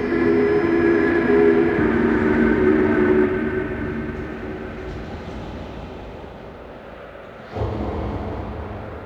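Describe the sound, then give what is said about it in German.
A Bolshevik steam train pulls away with a loud, steady mechanical rumble and sustained tonal hum. The noise eases off midway, then a sudden burst of louder rumbling kicks in near the end. “Der bolschewistische Zug geht ab.”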